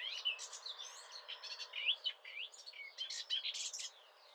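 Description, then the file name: Eurasian blackcap warbling: a continuous jumble of chirps and slurred whistles, heard through a steady hiss of background noise. "Sylvia atricapilla"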